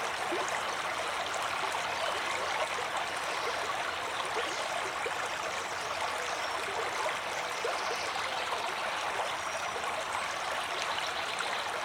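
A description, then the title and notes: A stream rushes steadily, a dense, even hiss of running water that holds at the same level throughout. Small splashes and trickles flicker constantly within the wash, which sits mostly in the middle and upper range with little low rumble. Nature's Calming Stream White Noise.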